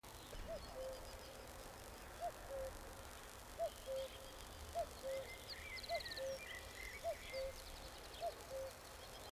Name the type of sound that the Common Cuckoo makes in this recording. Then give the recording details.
song. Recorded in the wild. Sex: male. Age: adult. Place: Schloß Holte-Stukenbrock, Senne, Nordrhein-Westfalen, DE. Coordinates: 51.8711, 8.6625. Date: 1968-05-23. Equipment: Uher 4000 Report-S, Bändchenmikro Beyer M 260, Parabolspiegel Polyester (470 mm). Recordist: Conrads, Klaus. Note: Westlich Hof Dirks (Furlbach-Gebiet). Männchen: Gesang. Technische Störung (Knistern)